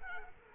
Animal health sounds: mosquito wingbeat signal from an infrared sensor; Culex quinquefasciatus

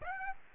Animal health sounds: mosquito wingbeat signal from an infrared sensor; Aedes aegypti

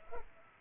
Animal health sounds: mosquito wingbeat signal from an infrared sensor; Culex pipiens

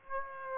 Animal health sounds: mosquito wingbeat signal from an infrared sensor; Aedes aegypti

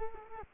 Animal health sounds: mosquito wingbeat signal from an infrared sensor; Culex quinquefasciatus

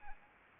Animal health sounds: mosquito wingbeat signal from an infrared sensor; Anopheles arabiensis

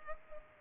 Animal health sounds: mosquito wingbeat signal from an infrared sensor; Culex pipiens

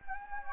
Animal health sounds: mosquito wingbeat signal from an infrared sensor; Anopheles gambiae

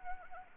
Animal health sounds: mosquito wingbeat signal from an infrared sensor; Anopheles arabiensis

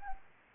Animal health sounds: mosquito wingbeat signal from an infrared sensor; Anopheles gambiae

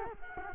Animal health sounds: mosquito wingbeat signal from an infrared sensor; Culex quinquefasciatus

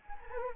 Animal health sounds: mosquito wingbeat signal from an infrared sensor; Anopheles gambiae

